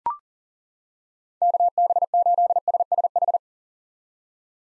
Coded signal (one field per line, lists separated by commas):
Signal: Morse code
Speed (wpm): 37 wpm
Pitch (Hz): 700 Hz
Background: none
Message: KB8SSH